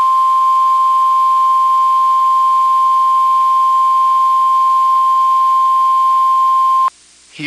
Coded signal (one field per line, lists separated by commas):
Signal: Emergency Alert System (SAME) tones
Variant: 1050 Hz attention tone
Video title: WWG83 LMK Winter Storm Warning EAS #56 (1/22/26)